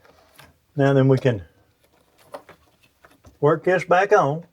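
An evap hose quick-connect fitting, lubricated, is being worked back onto the purge solenoid port of an Impala while someone talks. Only faint handling ticks are heard between the speech, and nothing has seated or clicked yet.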